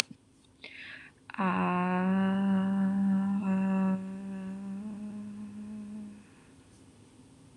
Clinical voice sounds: vowel held as long as possible; female; 30 to 39 years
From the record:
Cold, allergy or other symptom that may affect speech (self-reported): no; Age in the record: 31 years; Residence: Kentucky, United States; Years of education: 16

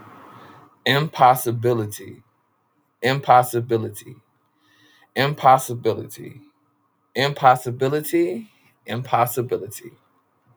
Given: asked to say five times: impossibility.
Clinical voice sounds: repeated word; male; 30 to 39 years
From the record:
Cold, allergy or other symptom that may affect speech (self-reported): no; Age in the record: 36 years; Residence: California, United States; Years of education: 14

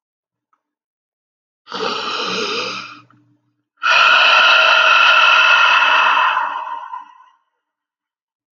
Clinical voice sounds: vowel held as long as possible; male; 20 to 29 years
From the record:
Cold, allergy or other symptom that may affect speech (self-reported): no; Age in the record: 25 years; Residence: Kentucky, United States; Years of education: 12

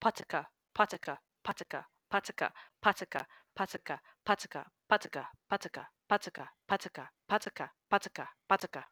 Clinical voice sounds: repeated syllables /pa ta ka/; female; 20 to 29 years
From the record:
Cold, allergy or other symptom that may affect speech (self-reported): no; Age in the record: 24 years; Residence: New York, United States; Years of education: 12

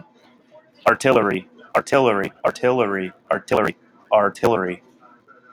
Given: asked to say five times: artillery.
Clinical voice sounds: repeated word; male; 30 to 39 years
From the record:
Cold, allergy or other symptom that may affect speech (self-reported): no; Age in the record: 32 years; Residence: Rhode Island, United States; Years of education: 16

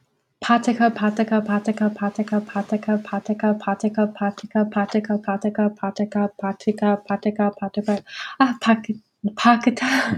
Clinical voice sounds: repeated syllables /pa ta ka/; female; 20 to 29 years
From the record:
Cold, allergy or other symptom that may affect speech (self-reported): no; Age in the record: 24 years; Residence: New York, United States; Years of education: 17

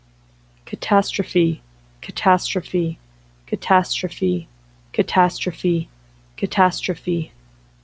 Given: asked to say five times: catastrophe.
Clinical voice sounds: repeated word; female; 30 to 39 years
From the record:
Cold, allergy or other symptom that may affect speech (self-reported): no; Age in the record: 33 years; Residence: Nevada, United States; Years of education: 16

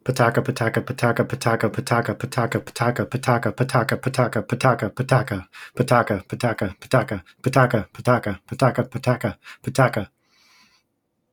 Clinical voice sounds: repeated syllables /pa ta ka/; male; 20 to 29 years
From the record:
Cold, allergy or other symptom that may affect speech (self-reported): no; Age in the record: 26 years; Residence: Michigan, United States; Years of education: 12

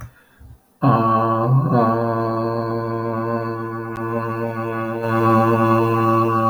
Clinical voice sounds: vowel held as long as possible; male; 40 to 49 years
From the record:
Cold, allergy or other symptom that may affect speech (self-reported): no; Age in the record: 43 years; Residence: Hawaii, United States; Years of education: 18

